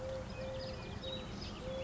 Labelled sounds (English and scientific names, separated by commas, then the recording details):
Eurasian Collared Dove (Streptopelia decaocto)
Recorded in Sonoma County, California